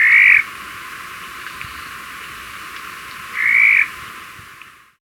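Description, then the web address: Highland elaenia giving two short, flat, burry notes about three seconds apart over a steady soft hiss. Recorded in Ecuador. "Birds of Ecuador 2. Highland Elaenia"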